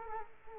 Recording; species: mosquito wingbeat signal from an infrared sensor; Culex quinquefasciatus